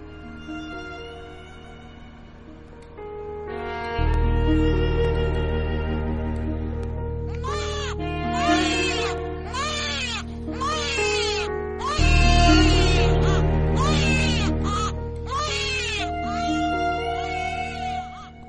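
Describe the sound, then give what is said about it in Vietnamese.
Eerie, high-pitched wailing cries of a child crying in a hospital, repeating in a run of rising and falling calls over a low, steady droning hum, with no talking. “chả biết là trong đầu mông lung suy nghĩ điều gì, chỉ thấy loáng thoáng đâu đó tiếng đứa trẻ con khóc vẫn cứ vang lên, thê thiết lắm.”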